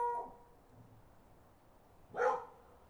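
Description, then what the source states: Dog barking, a single sharp bark after the tail end of an earlier one, with quiet background between. More than one dog in the recording.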